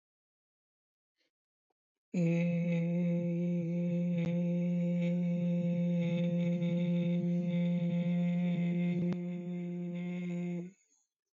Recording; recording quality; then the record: sustained vowel as in made; excellent, no background noise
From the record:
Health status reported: healthy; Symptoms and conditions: none ticked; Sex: male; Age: 27 years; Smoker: not ticked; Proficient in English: yes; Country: India